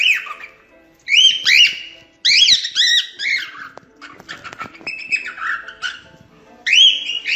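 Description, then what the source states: Cockatiel warbling song of loud arched whistles in bursts, separated by softer chatter and clicks. Lutino colour variety, singing.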